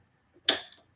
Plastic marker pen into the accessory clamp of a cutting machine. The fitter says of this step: and then just hold the bottom of clamp a and just push it down until you hear a click